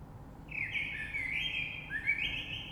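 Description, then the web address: Common blackbird delivering one continuous flowing phrase of clear fluty notes that dips and rises, topped by faint high squeaks, low rumble underneath. Recorded 3 March 2020. "oiseaux Rush Merle 3-3-2020"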